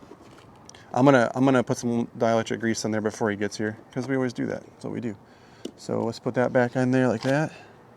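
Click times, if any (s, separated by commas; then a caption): none. An electrical wiring connector on a new 2026 Beta 300 RR X-Pro dirt bike, just inspected for corrosion, is handled and lined up to be pushed back into its mating connector, with dielectric grease to be added. Someone talks throughout, and a couple of faint ticks occur near 0.7 s. Nothing has seated or clicked yet when the clip ends.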